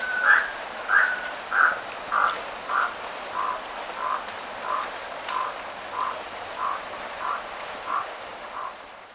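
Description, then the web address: Crimson-rumped toucanet giving a run of rasping croaks that start higher and drop slightly in pitch, gradually growing softer. Recorded in Ecuador. "Birds of Ecuador. Crimson-rumped Toucanet"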